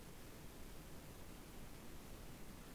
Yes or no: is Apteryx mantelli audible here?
no